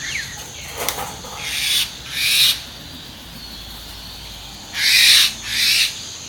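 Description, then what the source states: Parrots squawking: two pairs of harsh, raspy screeches separated by a few seconds of quiet background hiss. Recorded in the morning, 2019.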